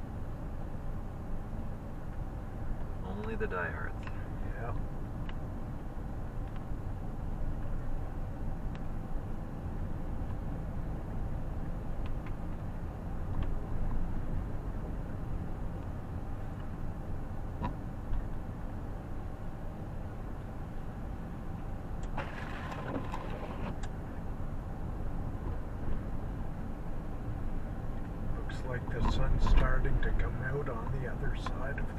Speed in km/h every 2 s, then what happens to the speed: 23, 22, 21, 19, 21, 16, 25, 26, 24, 23, 22, 22, 27, 25, 24, 26.
0-10 steady at about 21. 10-14 speeds up to 26. 14-32 steady at about 24.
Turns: none.